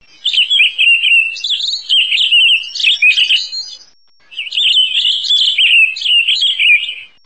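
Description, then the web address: Townsend's solitaire song, a long, fluid, rambling warble of rising and falling clear notes, delivered in two continuous phrases with a brief pause between. Northwestern California. "nwcal TOSO"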